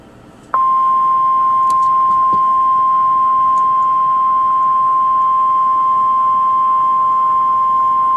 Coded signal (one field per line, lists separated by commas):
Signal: Emergency Alert System (SAME) tones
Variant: 1050 Hz attention tone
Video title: EAS #703: Tornado Warning (5/31/2013)